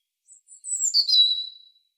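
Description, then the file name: European robin giving a brief, very high, thin whistled phrase that slides downward, preceded by two faint tiny notes. "Erithacus rubecula"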